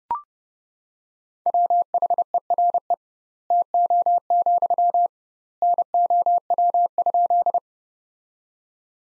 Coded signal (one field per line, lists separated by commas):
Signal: Morse code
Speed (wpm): 30 wpm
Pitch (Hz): 700 Hz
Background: none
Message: WHERE TO, NOW?